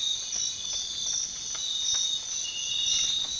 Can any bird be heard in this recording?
no